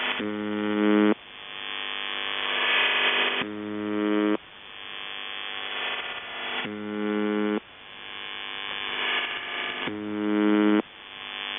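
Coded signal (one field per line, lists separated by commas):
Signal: channel marker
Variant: UVB-76, CIS-12 modem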